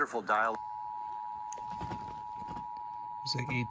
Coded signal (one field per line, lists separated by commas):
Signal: Emergency Alert System (SAME) tones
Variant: 853 and 960 Hz attention tone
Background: speech